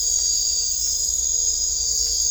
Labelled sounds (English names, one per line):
none